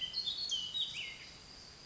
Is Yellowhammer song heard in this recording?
no